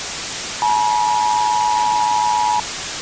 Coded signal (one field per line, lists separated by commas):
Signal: Emergency Alert System (SAME) tones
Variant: 853 and 960 Hz attention tone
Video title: Repost-Test EAS ALARM